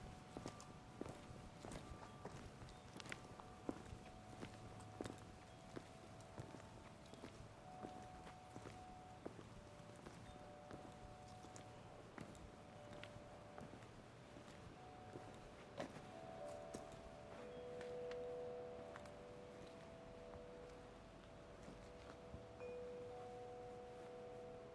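Footsteps crunch steadily through an early morning park walk, with wind rumbling low and faint steady tones, possibly chimes, drifting in.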